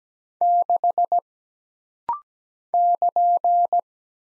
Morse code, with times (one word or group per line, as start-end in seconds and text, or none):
0.4-1.2 6
2.7-3.8 <KN>